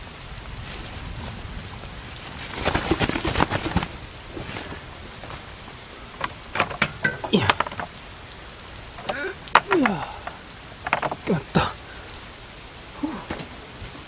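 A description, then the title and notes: Soft rain hisses steadily, with irregular bursts of drips and splashes around two to four seconds and again from six to thirteen. Asmr + calming soft rain.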